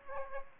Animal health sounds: mosquito wingbeat signal from an infrared sensor; Aedes aegypti

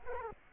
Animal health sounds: mosquito wingbeat signal from an infrared sensor; Culex quinquefasciatus

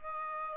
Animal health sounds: mosquito wingbeat signal from an infrared sensor; Aedes aegypti

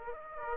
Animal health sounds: mosquito wingbeat signal from an infrared sensor; Aedes aegypti

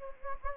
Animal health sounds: mosquito wingbeat signal from an infrared sensor; Anopheles gambiae

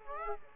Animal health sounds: mosquito wingbeat signal from an infrared sensor; Aedes aegypti

